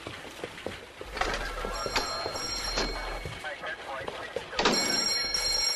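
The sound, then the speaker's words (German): A telephone rings with a bright, buzzy bell tone in repeated bursts, with busy background noise and some low rumble underneath. It is Inspector Cotta's telephone ringing in his office as the three detectives enter. “Als die 3 Detektive eintraten, klingelte Cottas Telefon.”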